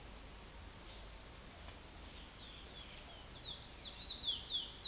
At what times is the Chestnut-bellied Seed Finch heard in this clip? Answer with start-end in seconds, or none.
2.06-4.87